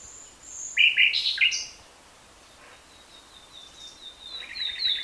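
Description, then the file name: Common nightingale song: a short burst of rapid chirped notes, then quiet with faint high whistles and a soft trill near the end. "Luscinia megarhynchos"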